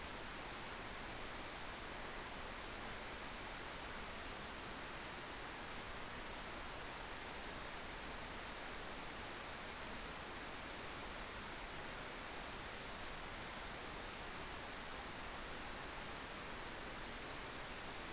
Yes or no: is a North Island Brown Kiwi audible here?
no